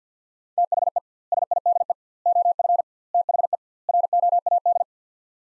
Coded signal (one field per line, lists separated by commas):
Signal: Morse code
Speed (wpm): 50 wpm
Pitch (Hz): 700 Hz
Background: none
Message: THE SIDE OF THE ROAD